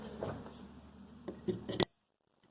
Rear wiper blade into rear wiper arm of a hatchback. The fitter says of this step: here and insert it into the wiper arm and just push until you hear the snap.